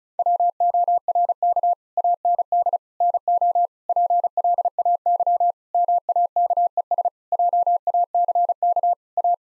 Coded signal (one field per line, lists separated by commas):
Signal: Morse code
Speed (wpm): 36 wpm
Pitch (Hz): 700 Hz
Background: none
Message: WORK AND NO PLAY MAKES JACK A